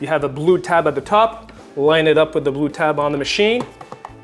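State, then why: Not seated. A plastic dispensing nozzle assembly is handled at a Ninja CREAMi Swirl soft-serve ice cream machine, its blue tab being lined up with the blue tab on the machine before it goes onto the dispensing area. Someone talks through most of the clip, and two short plastic taps sound near the end at about 3.9 and 4.1 seconds. Nothing has seated or locked into place yet.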